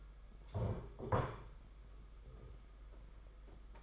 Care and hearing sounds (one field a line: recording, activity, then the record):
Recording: daily activity, microphone in the room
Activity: stand up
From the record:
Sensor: 5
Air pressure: 991.8 hPa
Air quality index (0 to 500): 141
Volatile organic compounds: 120 ppm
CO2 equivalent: 3874 ppm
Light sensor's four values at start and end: 32/108/40/43 and 32/108/40/43